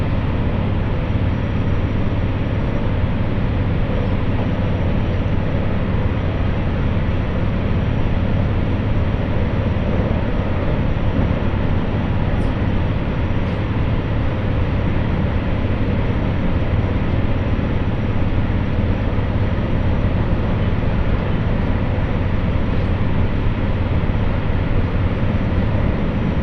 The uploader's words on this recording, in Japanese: 耳で楽しむ鉄道旅 室蘭本線 小幌→洞爺。